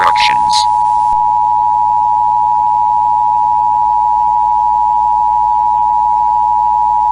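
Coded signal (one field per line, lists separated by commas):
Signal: Emergency Alert System (SAME) tones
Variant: 853 and 960 Hz attention tone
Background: speech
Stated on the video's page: Fictional EAS scenario, analog horror; the alert is not real.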